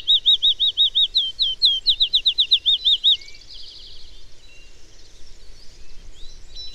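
Bird song: a fast series of high repeated whistled notes lasting about three seconds, followed by quieter high chirps.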